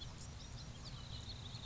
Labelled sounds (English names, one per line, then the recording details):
House Finch
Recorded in Sonoma County, California